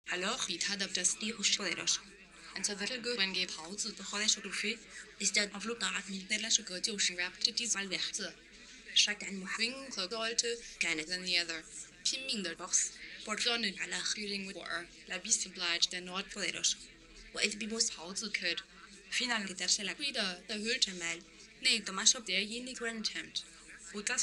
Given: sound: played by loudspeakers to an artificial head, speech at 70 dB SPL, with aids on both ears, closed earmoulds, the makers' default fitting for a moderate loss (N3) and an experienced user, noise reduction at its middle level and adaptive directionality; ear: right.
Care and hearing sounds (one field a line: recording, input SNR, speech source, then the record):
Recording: speech test signal (ISTS) in cocktail-party noise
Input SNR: +9 dB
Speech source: on the right (90 degrees)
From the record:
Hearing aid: class 1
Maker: H